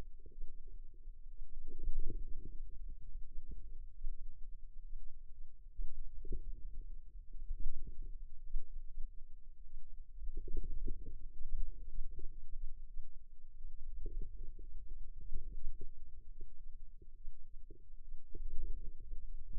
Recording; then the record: forearm muscle sounds (acoustic myography)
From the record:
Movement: inward rotation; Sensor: system 2, bracelet of six BSWA MPA416 microphones around the upper forearm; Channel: 5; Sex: female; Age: 22 years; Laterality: right